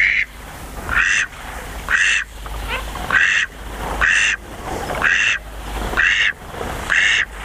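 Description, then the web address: Eastern spot-billed duck calling with repeated harsh quacks at a regular pace of about one per second, over a low background drone. "sikioto. karugamo"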